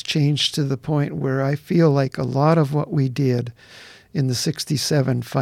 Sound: none